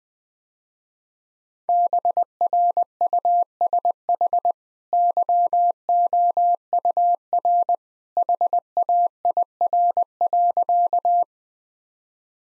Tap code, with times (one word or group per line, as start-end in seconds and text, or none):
none